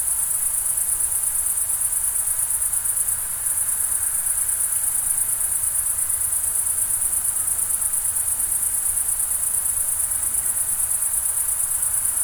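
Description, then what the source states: Cricket: steady, high, rapidly pulsing chorus of crickets, briefly dipping once, over a continuous low background rush of water. Summer night ambience in the Pyrenees mountains, France, with crickets and a distant river.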